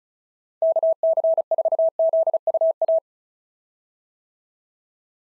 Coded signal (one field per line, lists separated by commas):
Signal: Morse code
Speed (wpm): 33 wpm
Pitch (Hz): 660 Hz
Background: none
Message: KC4ZUA